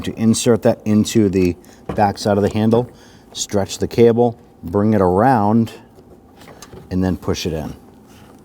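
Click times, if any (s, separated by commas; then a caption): none. Someone talks while the ball end of the door handle cable is inserted into the back side of a rear exterior door handle on a 2007-2014 Cadillac Escalade 6.2L V8, with the cable stretched and brought around before being pushed in. The handle is still being handled, and the cable end has not yet snapped into place.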